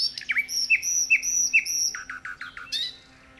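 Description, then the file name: Common nightingale singing a series of pure, downslurred whistles, then a quick run of lower chattering notes ending in a short sharp note, over a faint steady low hum. "Luscinia megarhynchos"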